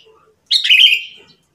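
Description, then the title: Sooty-headed bulbul song: one short bubbly, warbled phrase lasting under a second, then quiet. "Kutilang"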